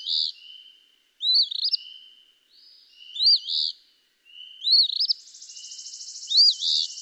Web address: songs Eastern Phoebe